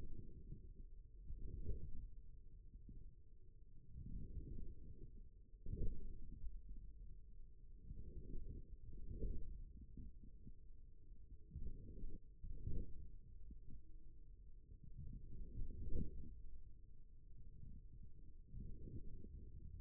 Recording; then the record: forearm muscle sounds (acoustic myography)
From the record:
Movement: forearm supination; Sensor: system 1, eight BSWA MPA416 microphones around the upper forearm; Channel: 2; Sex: male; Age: 41 years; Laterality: right